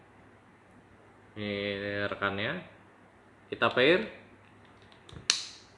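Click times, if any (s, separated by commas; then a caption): 5.3 s. Someone talks while a second plastic breathing valve on a face mask is pressed together, its halves stiff and hard to pair, with a few faint ticks just before. At 5.3 s the halves snap together with a sharp crack-like sound rather than a clean click, and the valve locks in place, though very stiffly.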